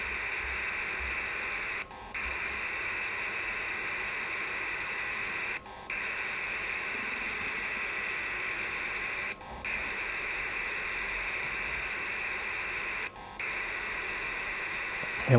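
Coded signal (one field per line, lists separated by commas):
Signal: HF data modem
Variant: PACTOR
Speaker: we almost have that message in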